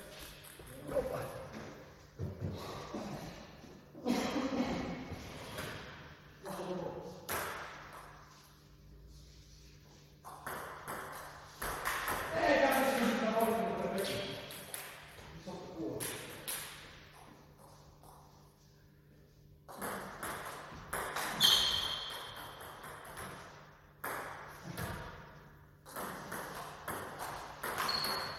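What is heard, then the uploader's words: A friendly table tennis match in a hall, with sharp ball taps and thuds coming in irregular bursts throughout. Voices talk and call out between rallies, loudest around the middle. A steady low hum runs underneath the whole time. Friendly table tennis match. Often in the table tennis hall, I like to make recordings during training. We have a friendly match in the hall.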